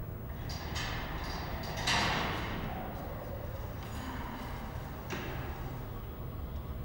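A door is opened with a few soft clicks and knocks, a brief louder scrape of movement early on, then quieter handling sounds over a low background hiss. No one speaks.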